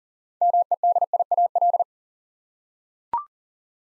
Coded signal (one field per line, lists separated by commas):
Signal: Morse code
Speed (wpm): 40 wpm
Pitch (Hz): 700 Hz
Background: none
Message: MEDIAL